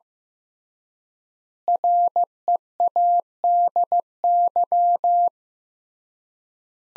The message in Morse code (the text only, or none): READY